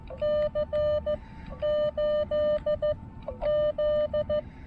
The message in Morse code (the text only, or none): C 8 Z